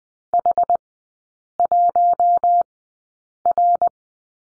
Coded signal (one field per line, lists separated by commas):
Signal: Morse code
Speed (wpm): 20 wpm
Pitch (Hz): 700 Hz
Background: none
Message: H1R